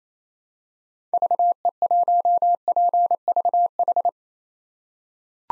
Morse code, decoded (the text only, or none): VE1PVH